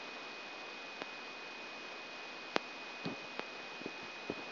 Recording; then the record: brain microelectrode recording played as sound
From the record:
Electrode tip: inside the subthalamic nucleus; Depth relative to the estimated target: -2 mm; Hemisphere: right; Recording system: AlphaMap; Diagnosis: Parkinson's disease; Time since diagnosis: 7 years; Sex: female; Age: 56 years